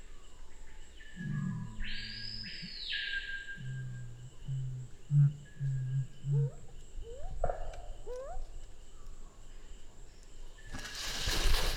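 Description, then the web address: Black curassow booming song: deep humming notes in two drawn-out phrases, the second ending in short pulses, with an arched higher call, rising chirps and a burst of noise at the end. "sound Black-curassow. صدای-پرنده-کاکل-فری-سیاه"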